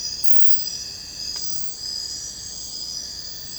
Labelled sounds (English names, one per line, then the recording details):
none
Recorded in secondary vegetation near Puerto Asís, Putumayo, Colombia, on 22 December 2024 at 00:00
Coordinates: 0.499, -76.323
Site G010